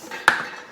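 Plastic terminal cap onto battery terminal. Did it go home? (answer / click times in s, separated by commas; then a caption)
yes / 0.3 s. A plastic protective cap is pressed onto a terminal of a Weize 51.2V server rack battery, fitted to keep debris off the terminals for outdoor use. One sharp, bright click is heard at 0.3 s, then the sound fades to quiet. The cap is seated securely on the terminal.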